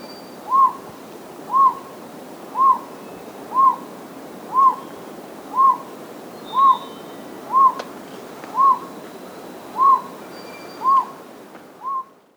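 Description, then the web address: Bird calling with brief whistled hoots, each mid-pitched note evenly spaced roughly a second apart, over soft background hiss and a few faint chirps. Cloud forest in Costa Rica. "Birds of the Costa Rican Cloud Forest. song"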